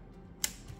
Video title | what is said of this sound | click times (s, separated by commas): 2011-2023 AUDI Q5 2.0T QUATTRO, Clean & Replace Manifold Absolute Pressure (MAP) Sensor | push down listen for the click there's | 0.4 s